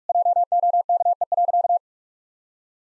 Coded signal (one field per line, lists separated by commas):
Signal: Morse code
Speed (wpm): 46 wpm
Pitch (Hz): 700 Hz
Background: none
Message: JOKE.